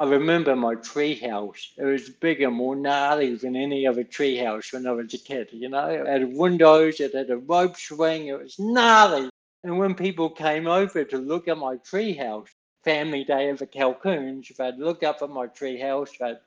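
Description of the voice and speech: Connected speech from an adult man born with cerebral palsy, with nasal-tinged vowels, slightly distorted consonants and a narrow pitch range, typical of his everyday speech: mild dysarthria due to cerebral palsy.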